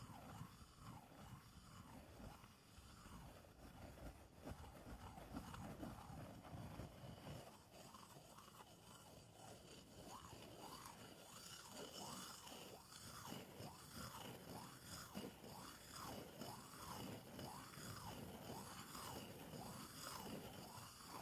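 Scraping the bottom of a bowl, a continuous rough scratching that runs the whole time with no talking. From about seven seconds the strokes settle into a regular back-and-forth rhythm, roughly twice per second, each sweep rising and falling in pitch.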